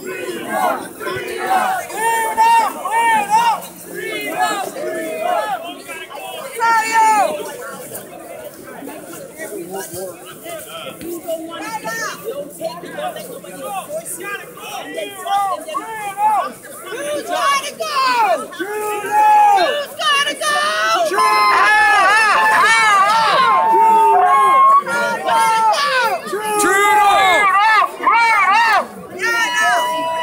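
Protesters fill a downtown street with dense, overlapping voices, some shouting and calling out. Low, steady drones sit under the chatter around the third and twelfth seconds. After about twenty seconds the crowd grows louder and more excited, staying loud to the end.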